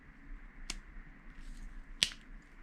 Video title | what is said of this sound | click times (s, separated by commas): Don't get a cheap Bleeding Edge Adapter - SRAM | that oh yeah that's that is louder that's allowed a click | 2.0 s